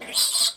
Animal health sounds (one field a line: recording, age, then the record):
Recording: pig call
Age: piglet (1 to 25 days)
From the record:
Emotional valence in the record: negative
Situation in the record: castration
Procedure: castration, cut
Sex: male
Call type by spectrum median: high-frequency call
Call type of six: high-frequency modulated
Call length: 0.57 s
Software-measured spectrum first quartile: 4214 Hz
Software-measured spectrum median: 5904 Hz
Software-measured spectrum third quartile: 8726 Hz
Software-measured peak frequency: 4180 Hz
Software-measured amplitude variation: 160 dB a second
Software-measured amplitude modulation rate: 15.7 a second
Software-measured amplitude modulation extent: 10.2 dB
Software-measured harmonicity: 3.6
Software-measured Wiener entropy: -2.27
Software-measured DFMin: 559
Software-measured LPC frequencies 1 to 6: 992, 2226, 3381, 4065, 4863, 8370 Hz